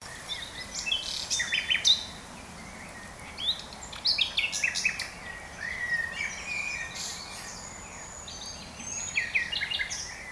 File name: Luscinia megarhynchos